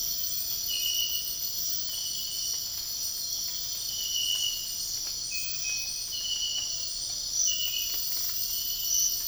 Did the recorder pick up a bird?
no